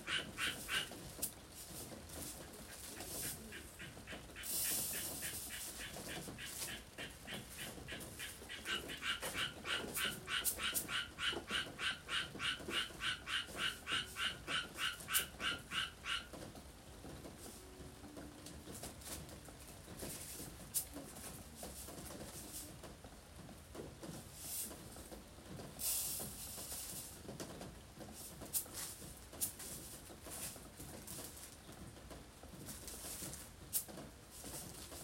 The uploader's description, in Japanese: 鳥、カエル、お昼の時報、野菜の計量・袋入れ、遠くで部屋でかけているラジオ